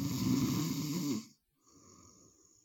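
An adult snoring: one long, loud, low-pitched harmonic snore, then a quieter breath.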